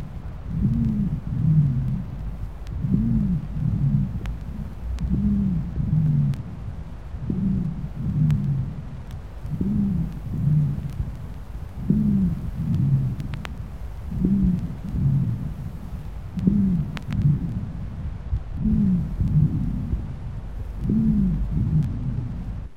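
Deep, snoring, musical sounds recur with each breath, about 27 breaths a minute, on both inspiration and expiration, heard over an adult chest. These are low-pitched bass dry rales (rhonchi) of bronchitis, arising in the large bronchi.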